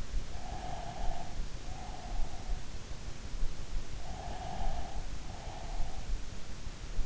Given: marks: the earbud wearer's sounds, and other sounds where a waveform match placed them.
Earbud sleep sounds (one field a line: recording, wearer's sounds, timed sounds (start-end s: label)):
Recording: sounds in sleep by an in-ear microphone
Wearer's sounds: breath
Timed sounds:
0.29-2.75 s: breath
4.11-6.50 s: breath